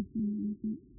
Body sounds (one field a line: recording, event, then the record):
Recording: neck accelerometer signal played as sound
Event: no cough (speech, laughter, throat clearing or background)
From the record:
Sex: male